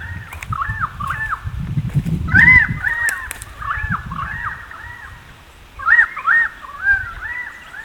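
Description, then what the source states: Currawong calls, a series of arched whistled notes in overlapping runs, with rumbling low noise early on and brief clicks. More than one currawong.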